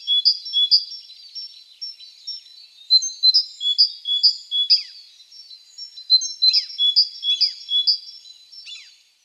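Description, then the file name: Great tit song: high, sharp two-note phrases repeated rapidly in bursts, with brief pauses between strophes. "Parus major"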